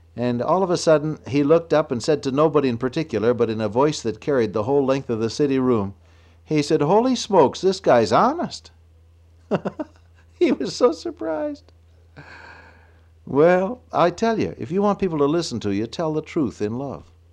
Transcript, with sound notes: and all of a sudden he looked up and said to nobody in particular, but in a voice that carried the whole length of the sitting room, he said, “Holy smokes, this guy is honest.” [chuckle] He was so surprised. Well, I tell you, if you want people to listen to you, tell the truth in love.